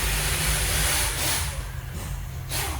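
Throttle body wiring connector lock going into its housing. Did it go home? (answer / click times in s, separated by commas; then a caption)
no / none. A mechanic works the lock on a throttle body wiring connector back into position in its housing, lining it up before pushing it home. A steady broadband hiss and low rumble fill the clip and ease off slightly after about 1.5 seconds. The lock is moved but not yet pushed down, so nothing has clicked or seated yet.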